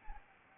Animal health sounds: mosquito wingbeat signal from an infrared sensor; Anopheles arabiensis

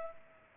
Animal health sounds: mosquito wingbeat signal from an infrared sensor; Culex pipiens

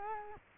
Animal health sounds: mosquito wingbeat signal from an infrared sensor; Culex quinquefasciatus

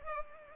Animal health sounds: mosquito wingbeat signal from an infrared sensor; Culex pipiens

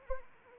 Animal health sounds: mosquito wingbeat signal from an infrared sensor; Anopheles arabiensis

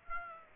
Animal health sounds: mosquito wingbeat signal from an infrared sensor; Aedes aegypti

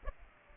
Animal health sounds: mosquito wingbeat signal from an infrared sensor; Aedes aegypti

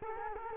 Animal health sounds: mosquito wingbeat signal from an infrared sensor; Culex quinquefasciatus

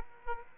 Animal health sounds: mosquito wingbeat signal from an infrared sensor; Aedes aegypti

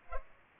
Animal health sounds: mosquito wingbeat signal from an infrared sensor; Culex pipiens

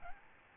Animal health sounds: mosquito wingbeat signal from an infrared sensor; Aedes albopictus

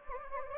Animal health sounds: mosquito wingbeat signal from an infrared sensor; Anopheles gambiae

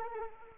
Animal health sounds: mosquito wingbeat signal from an infrared sensor; Anopheles arabiensis

